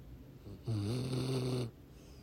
Sunday Afternoon Snores, Pittsburgh, PA, USA on 11th February 2024.